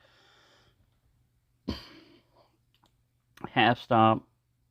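A Rough Ryder trapper folding pocket knife with a bolster lock has its blade handled toward its half stop. Faint rustles and soft ticks are heard before someone talks. The clip ends before the blade locks open, and nothing has seated yet.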